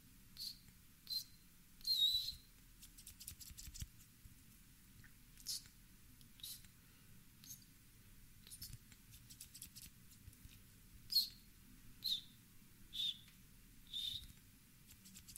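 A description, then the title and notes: Scissors snip in short, crisp, high-pitched bursts, spaced irregularly about a second apart, with a double snip near two seconds and a quieter stretch from eight to eleven seconds. Small clicks fall between the cuts over a faint, low hum. CUTTING HAIR ASMR NO TALKING, ASMR HAIRCUT, ASMR CUTTING YOUR BANGS, ASMR SCISSORS SOUNDS.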